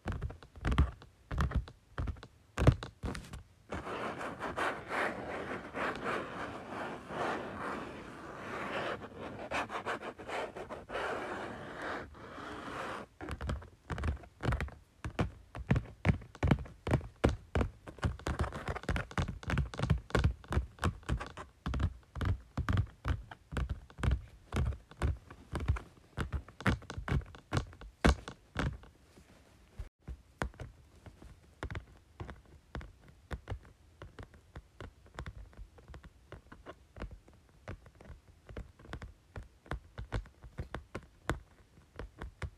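Tapping on a folder: hollow, dull taps in quick, fairly regular runs. The opening seconds are sparse, then a dense, rustling stretch follows from about 4 to 13 seconds, and steady rhythmic tapping runs from 13 to 29 seconds before thinning into lighter, scattered taps.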